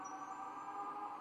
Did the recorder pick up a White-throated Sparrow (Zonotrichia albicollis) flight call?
no